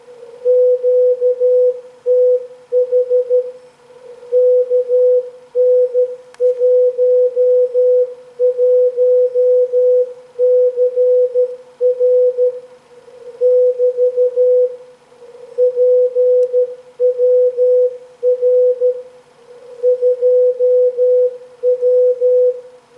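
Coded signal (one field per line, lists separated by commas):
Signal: Morse code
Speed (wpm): 13 wpm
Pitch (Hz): 500 Hz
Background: none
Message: QTH KN11CR <BT> PWR 2W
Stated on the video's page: Automatic 1-watt QRP beacon on 3.579 MHz (80 m) repeating a programmable message.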